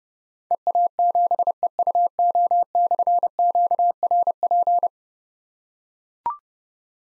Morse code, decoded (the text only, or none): EA7EUO/QRP